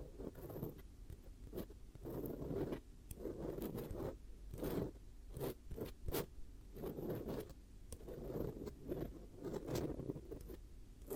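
Hypnotic triggers play continuously: rough scraping and rustling strokes repeat every second or so, with brief bright clicks and taps cutting through. The texture stays dense and fairly even, with a low, steady rumble underneath and occasional zipper-like or jangling touches.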